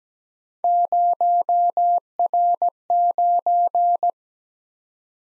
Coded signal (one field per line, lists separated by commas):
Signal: Morse code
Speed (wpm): 17 wpm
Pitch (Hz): 700 Hz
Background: none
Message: 0R9